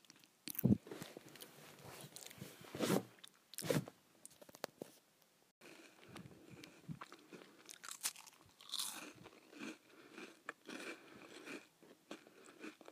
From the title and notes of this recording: ASMR Eating Crackers.